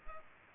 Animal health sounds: mosquito wingbeat signal from an infrared sensor; Culex pipiens

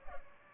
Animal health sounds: mosquito wingbeat signal from an infrared sensor; Aedes albopictus

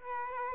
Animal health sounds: mosquito wingbeat signal from an infrared sensor; Aedes aegypti

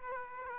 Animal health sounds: mosquito wingbeat signal from an infrared sensor; Aedes aegypti

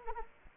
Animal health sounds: mosquito wingbeat signal from an infrared sensor; Anopheles arabiensis

